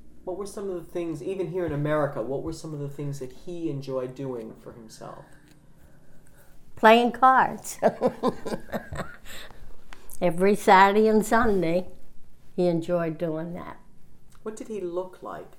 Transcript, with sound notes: What were some of the things, even here in America, what were some of the things that he enjoyed doing for himself? ( she laughs )
Every Saturday and Sunday he enjoyed doing that.
What did he look like?